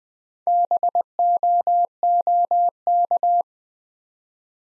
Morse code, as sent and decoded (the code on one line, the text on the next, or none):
-... --- --- -.-
BOOK